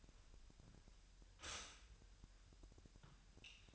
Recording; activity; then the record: daily activity, microphone in the room; stop toaster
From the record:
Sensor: 2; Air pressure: 1001.9 hPa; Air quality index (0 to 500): 247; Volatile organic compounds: 38 ppm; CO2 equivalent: 3114 ppm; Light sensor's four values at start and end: 9/30/12/11 and 9/30/12/11